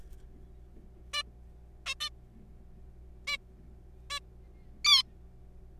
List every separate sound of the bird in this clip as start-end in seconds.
1.14-1.23, 1.86-1.95, 2.01-2.09, 3.27-3.37, 4.10-4.19, 4.85-5.02